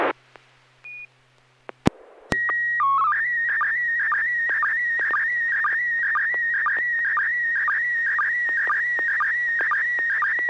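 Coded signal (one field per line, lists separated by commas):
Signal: SSTV (slow-scan television)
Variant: PD120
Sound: clicks, then a short leader and header tones, then a steady warbling whine with regular blips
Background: low hum, radio clicks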